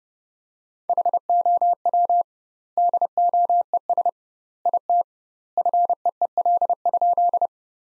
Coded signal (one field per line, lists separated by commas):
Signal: Morse code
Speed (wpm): 30 wpm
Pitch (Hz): 700 Hz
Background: none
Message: HOW DOES IT FEEL?